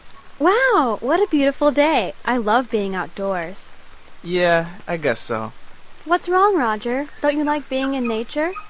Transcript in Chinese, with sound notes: Wow, what a beautiful day! I love being outdoors.
(Reluctantly) Yeah, I guess so.
What's wrong, Roger? Don't you like being in nature?